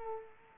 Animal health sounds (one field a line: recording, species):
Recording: mosquito wingbeat signal from an infrared sensor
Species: Culex quinquefasciatus